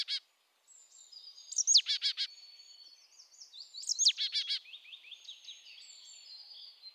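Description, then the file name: Marsh tit calls: a sharp high note, then a quick run of three or four chattering notes, given twice about two and a half seconds apart, with faint twittering from other birds. "Poecile palustris"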